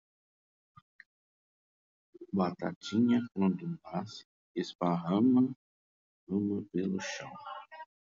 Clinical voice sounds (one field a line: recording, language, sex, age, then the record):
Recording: short text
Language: Brazilian Portuguese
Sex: male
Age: 50 to 59 years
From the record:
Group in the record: control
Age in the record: 58 years